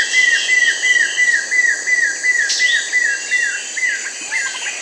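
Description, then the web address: Yellow-billed nunbird calls: a steady series of short, downslurred whistled notes, about three per second, over a dense wash of high insect buzzing. Recorded in the Amazon region, Peru and Ecuador. "Birds of the Amazon Yellow-billed Nunbird (Monasa flavirostris), Peru, Ecuador"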